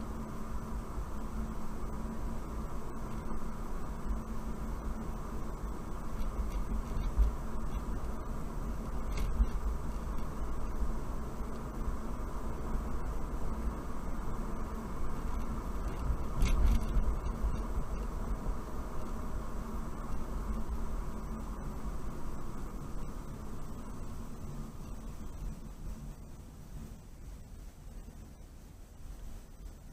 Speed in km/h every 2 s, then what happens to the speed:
40, 44, 42, 44, 45, 45, 47, 48, 45, 45, 40, 34, 23, 13, 8.
0-13 speeds up to 48. 13-27 slows to 8.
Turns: none.